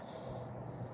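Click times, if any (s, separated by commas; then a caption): none. An air hose's twist-lock fitting is being twisted into the port on a portable tire inflator, with a steady low rumble and broadband background noise throughout. The part has not seated or clicked yet.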